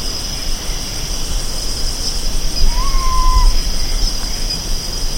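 Bird call: a single drawn-out, level whistled note lasting under a second, with a steady high hiss and low rumble behind it.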